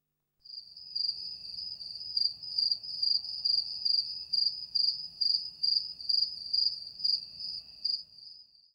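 Cricket chirping: steady, high, pulsed trill bursts repeated a little more than twice a second, over a faint low rumble.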